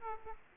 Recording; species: mosquito wingbeat signal from an infrared sensor; Aedes aegypti